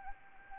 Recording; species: mosquito wingbeat signal from an infrared sensor; Anopheles arabiensis